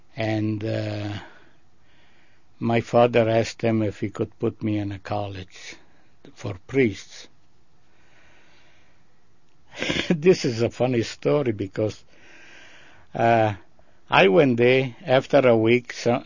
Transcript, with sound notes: And my father asked him if he could put me in a college for priests. (he laughs) This a funny story because I, one day after a week